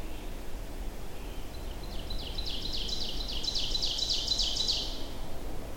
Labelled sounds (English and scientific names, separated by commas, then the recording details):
Ovenbird (Seiurus aurocapilla) song
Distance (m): 40 m
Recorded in boreal forest in Alberta, Canada, on 25 June 2016 at 07:49
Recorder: SongMeter 3, array SBT-6-76
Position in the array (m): 301 m, 78 m
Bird 1